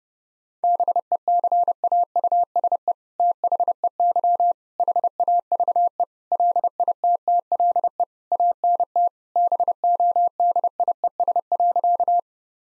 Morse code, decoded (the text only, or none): BECAUSE THEY HAVE LITTLE ANT BODIES.